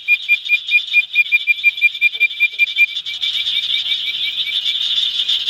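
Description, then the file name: Bird-voiced treefrog calling, a rapid series of clear whistled pulses repeated about five times a second, then blurring into a continuous bird-like trill; no other sounds. "Hyla avivoca call"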